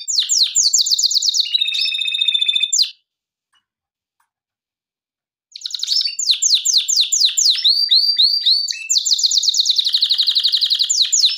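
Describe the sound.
Canary song of quick repeated sweeping notes and a buzzy trill, a pause of about two and a half seconds, then more rapid rolling phrases.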